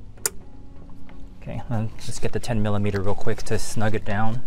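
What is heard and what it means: On an EcoBoost Mustang during an evap purge valve replacement, the red plastic secondary locking tab on the evap hose quick-connect is pushed in, giving one loud, sharp click at 0.3 s. Someone then talks, with music playing. The tab clicks shut and the quick-connect is seated and secured.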